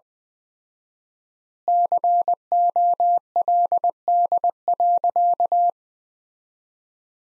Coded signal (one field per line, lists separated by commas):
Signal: Morse code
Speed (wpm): 19 wpm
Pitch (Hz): 700 Hz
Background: none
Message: COLD.